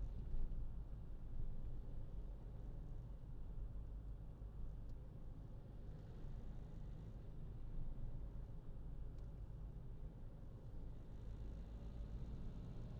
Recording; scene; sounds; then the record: everyday scene through a hearing-aid microphone; in a vehicle; engine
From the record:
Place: Berlingo II, diesel engine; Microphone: in the ear canal, left